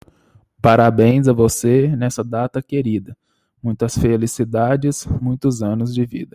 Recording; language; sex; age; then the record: short text; Brazilian Portuguese; male; 30 to 39 years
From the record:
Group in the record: control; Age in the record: 31 years